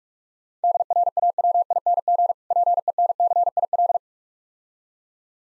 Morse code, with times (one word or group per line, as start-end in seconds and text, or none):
0.6-2.3 DRAWING
2.5-4.0 PENCIL